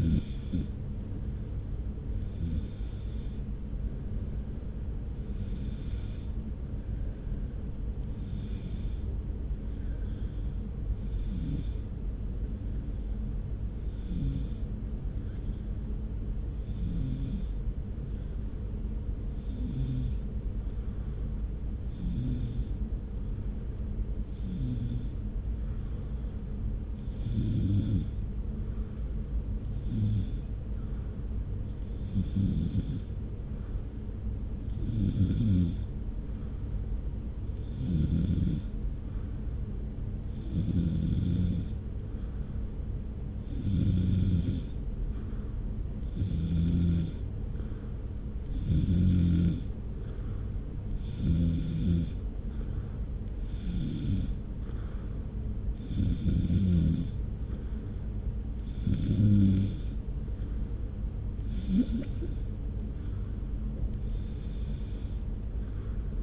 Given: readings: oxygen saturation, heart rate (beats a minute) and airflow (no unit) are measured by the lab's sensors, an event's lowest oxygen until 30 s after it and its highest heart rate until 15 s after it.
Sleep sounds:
breathing in sleep by a smartphone at the bedside; 1
17.00-37.30 s: hypopnea (N2, oxygen 95% highest, then 92% lowest)
From the record:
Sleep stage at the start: N2 (light sleep); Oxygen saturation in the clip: 92 to 95%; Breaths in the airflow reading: 27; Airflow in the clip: -1.0 to 1.5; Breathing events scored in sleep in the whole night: 335 in 6.7 hours asleep

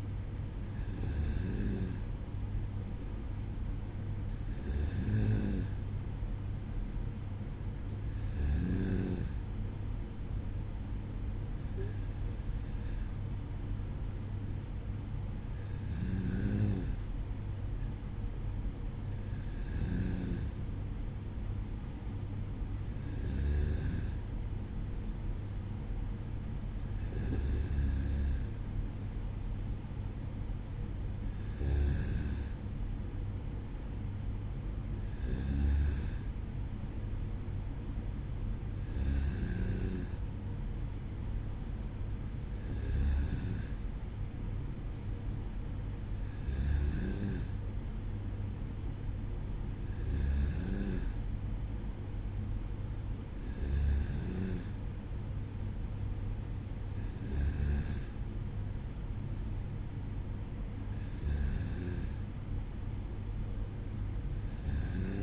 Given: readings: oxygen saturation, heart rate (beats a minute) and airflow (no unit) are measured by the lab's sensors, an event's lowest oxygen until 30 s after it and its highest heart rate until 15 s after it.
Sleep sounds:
breathing in sleep by a smartphone at the bedside; none
none scored
From the record:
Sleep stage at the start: N2 (light sleep); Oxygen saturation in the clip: 94%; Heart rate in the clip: 55 to 57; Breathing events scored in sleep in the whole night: 305 in 9.6 hours asleep

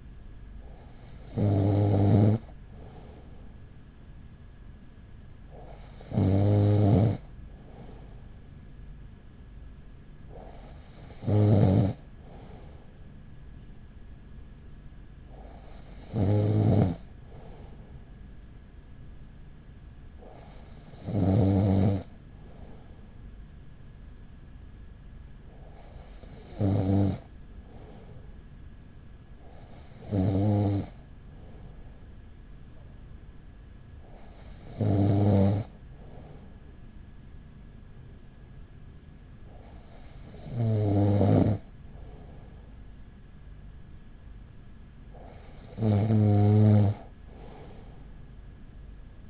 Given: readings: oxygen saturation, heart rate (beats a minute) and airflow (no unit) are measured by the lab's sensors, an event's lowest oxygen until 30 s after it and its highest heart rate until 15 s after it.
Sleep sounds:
breathing in sleep by a smartphone at the bedside; none
none scored
From the record:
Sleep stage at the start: N2 (light sleep); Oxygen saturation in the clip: 95 to 96%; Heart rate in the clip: 38 to 43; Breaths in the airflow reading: 10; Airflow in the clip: -5.8 to 4.7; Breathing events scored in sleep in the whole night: 207 in 7.6 hours asleep

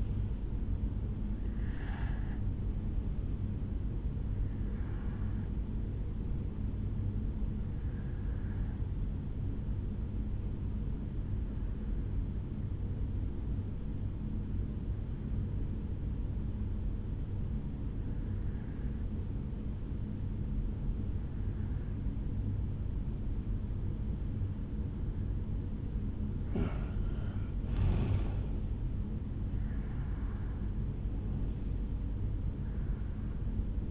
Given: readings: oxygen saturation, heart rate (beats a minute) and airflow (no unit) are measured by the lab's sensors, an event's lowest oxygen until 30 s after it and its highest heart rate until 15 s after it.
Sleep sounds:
breathing in sleep by a smartphone at the bedside; 1
10.00-27.60 s: hypopnea (REM, oxygen 95% highest, then 91% lowest, heart rate 58 at the start, 72 highest)
From the record:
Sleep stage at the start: REM sleep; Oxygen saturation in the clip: 83 to 95%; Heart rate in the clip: 58 to 76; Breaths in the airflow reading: 9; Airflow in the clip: -8.5 to 7.6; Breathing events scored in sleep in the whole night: 449 in 7.0 hours asleep

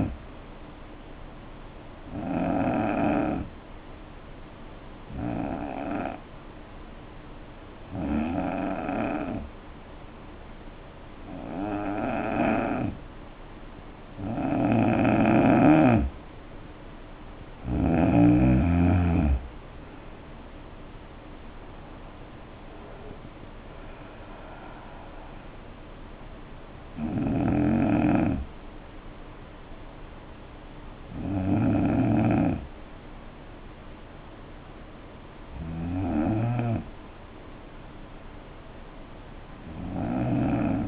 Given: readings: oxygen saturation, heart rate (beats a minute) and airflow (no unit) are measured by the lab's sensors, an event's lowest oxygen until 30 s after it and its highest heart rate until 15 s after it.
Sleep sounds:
breathing in sleep by a voice recorder at the bedside; 1
3.00-17.20 s: hypopnea (N2, oxygen 91% highest, then 83% lowest, heart rate 69 at the start, 78 highest)
From the record:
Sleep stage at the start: N2 (light sleep); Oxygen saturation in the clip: 83 to 91%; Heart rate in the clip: 56 to 78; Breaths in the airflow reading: 10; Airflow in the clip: -8.0 to 5.6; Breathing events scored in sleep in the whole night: 520 in 7.2 hours asleep

